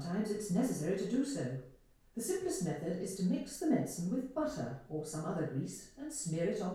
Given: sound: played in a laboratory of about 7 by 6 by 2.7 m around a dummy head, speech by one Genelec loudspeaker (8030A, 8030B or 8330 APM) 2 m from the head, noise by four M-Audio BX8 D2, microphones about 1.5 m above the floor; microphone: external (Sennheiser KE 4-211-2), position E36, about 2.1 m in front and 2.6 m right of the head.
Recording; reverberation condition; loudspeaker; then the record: female speech in English; medium; in front (0 degrees)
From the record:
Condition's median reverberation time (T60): about 510 ms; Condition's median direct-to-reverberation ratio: about -0.5 dB